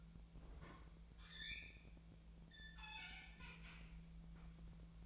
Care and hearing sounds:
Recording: daily activity, microphone in the room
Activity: open fridge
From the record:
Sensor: 1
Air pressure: 1009.7 hPa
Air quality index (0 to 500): 193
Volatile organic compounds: 19 ppm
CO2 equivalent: 2644 ppm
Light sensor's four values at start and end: 32/80/34/40 and 31/80/33/40

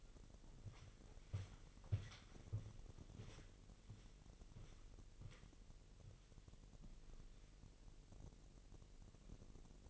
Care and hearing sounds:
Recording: daily activity, microphone in the room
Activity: walk to room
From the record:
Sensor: 4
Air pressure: 1002.8 hPa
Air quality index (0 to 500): 250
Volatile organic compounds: 10 ppm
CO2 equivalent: 2224 ppm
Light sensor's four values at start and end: 12/28/11/11 and 12/29/11/12

